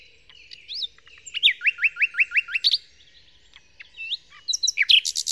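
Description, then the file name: Common nightingale song: a run of about eight repeated upslurred whistles, followed by varied sharp notes and a final burst of high notes. Song, Kent, 2008. "nightingale-song-recorded-in-kent-2008-by-phil-riddett"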